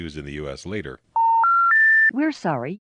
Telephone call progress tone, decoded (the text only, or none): special information tone